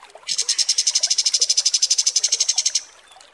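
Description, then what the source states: Kapas Tembak song: a fast, even trill of high ringing pulses held for about two and a half seconds. Masteran (tutor) recording used to train caged birds' song, described as 'mewah' (luxurious).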